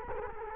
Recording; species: mosquito wingbeat signal from an infrared sensor; Culex quinquefasciatus